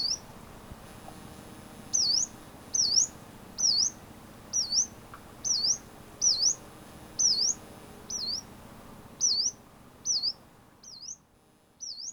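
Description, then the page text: Yellow-browed warbler giving very high, thin notes, each sliding down then sharply up, repeated roughly every second about a dozen times. "Frank Lambert - Пеночка-зарничка (Phylloscopus inornatus)"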